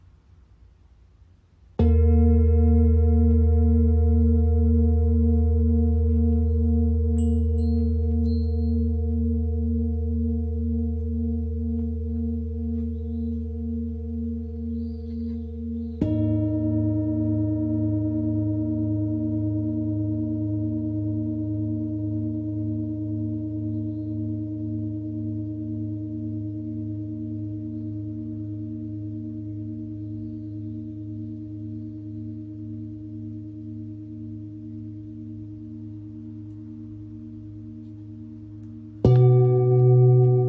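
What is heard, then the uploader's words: A Tibetan singing bowl is struck three times, at about 2, 16 and 39 seconds, each strike ringing into a long, slowly fading hum. The tone is low and full with a gentle, wavering pulse, bright overtones dying away quickly while the deep ring lingers. Tibetan Singiing Bowl.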